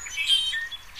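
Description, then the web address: Red-winged blackbird calls: a quick, uneven run of high, thin chirps and short whistled notes. "soundswild redwing blackbirds"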